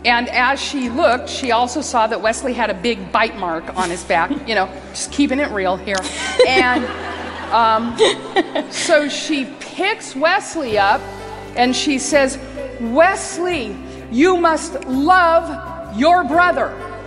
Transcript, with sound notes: And as she looked, she also saw that Wesley had a big bite mark on his back—you know, just keeping it real here. (laughter.) So she picks Wesley up, and she says, “Wesley, you must love your brother.